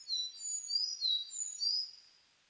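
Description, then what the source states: Sakhalin leaf warbler singing a brief run of thin, high-pitched slurred whistles, several notes close together, then fading. Recorded 29 May 2004.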